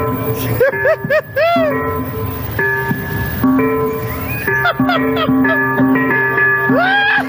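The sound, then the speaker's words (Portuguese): A gas delivery truck jingle blares from a loudspeaker on a car parked in the middle of a street in Tokyo: a loud, tinny electronic melody of sustained notes with occasional swooping pitch bends, playing continuously without pause. “Então o filho da puta colocou um carro com caixa de som no meio de uma rua em Tóquio e botou esta merda que você tá ouvindo agora.”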